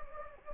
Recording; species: mosquito wingbeat signal from an infrared sensor; Anopheles gambiae